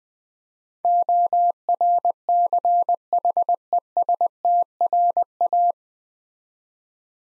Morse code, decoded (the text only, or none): ORCHESTRA